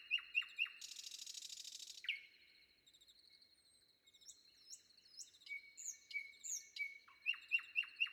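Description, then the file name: Common nightingale song with repeated sharp notes, a dense buzzing burst, drawn-out pure whistles and fluty phrases, ending in another quick run of loud repeated notes. Recorded before dawn. "predawn nightingale"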